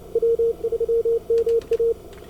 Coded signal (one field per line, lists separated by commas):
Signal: Morse code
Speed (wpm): 28 wpm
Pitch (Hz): 460 Hz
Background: none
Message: W3MA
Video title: 19 Aug 2020 CW Operators Club weekly CWT mini contest-Start to Submission. QRS and talk through.